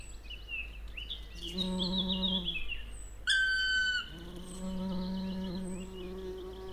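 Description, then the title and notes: Bumblebee flight buzz, a low droning hum that starts up, pauses, then swells again, with high chirping birdsong throughout and a loud ringing bird call in the middle. A bumblebee passing by during a well-advanced morning chorus, 1 June 2020, Piste aux espagnols, recorded with a Nagra LB and an omni MKH 8020 microphone. "Piste aux espagnols. le passage d&#39;un bourdon"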